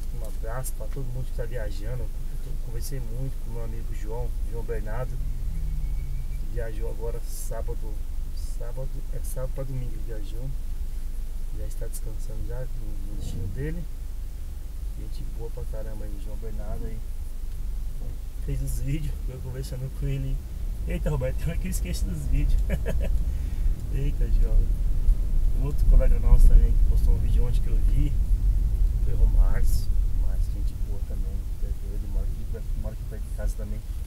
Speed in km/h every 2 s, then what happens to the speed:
0, 0, 0, 0, 0, 0, 0, 0, 0, 0, 4, 17, 19, 20, 19, 13, 9.
0-19 standing. 19-26 pulls away to 20. 26-34 slows to 9.